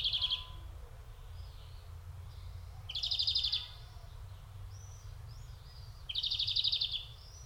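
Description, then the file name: European greenfinch calling with harsh, nasal buzzes, three rasping wheezes spaced about three seconds apart and faint twittering notes in between, low background hum throughout. "Chloris chloris"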